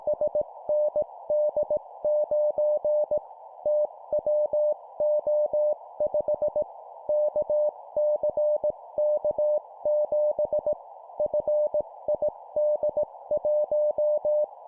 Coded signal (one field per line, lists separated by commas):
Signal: Morse code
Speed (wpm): 18 wpm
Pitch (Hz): 600 Hz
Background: none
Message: SND9 TWO5 KCK7 FID1